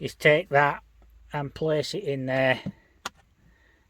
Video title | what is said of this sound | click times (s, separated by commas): Mac allister sander unbox review 300W 220-240V Corded Random orbit sander MROS300 | like I said I'm not reading instructions you give it a twist it locks into place like that | 3.1 s